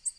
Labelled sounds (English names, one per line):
Tennessee Warbler flight call